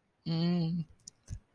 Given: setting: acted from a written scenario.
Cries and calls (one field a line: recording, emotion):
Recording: vocal sound without words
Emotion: desire